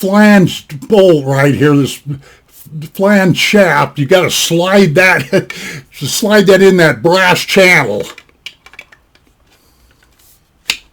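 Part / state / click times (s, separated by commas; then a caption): bow limb into take-down bow riser limb pocket / seated / 10.7 s. Someone talks while sliding the flanged bolt of a WNS Explore CB1 carbon-bamboo ILF bow limb along the brass channel into the limb pocket of a Tradtech 21 Trident take-down riser, with faint taps around 8.5–8.8 s. After a quiet stretch, the spring-loaded detent snaps into place with a sharp click at 10.7 s, and the limb is seated.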